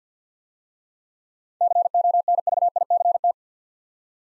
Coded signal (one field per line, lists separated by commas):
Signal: Morse code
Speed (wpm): 47 wpm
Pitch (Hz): 700 Hz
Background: none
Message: CONVICT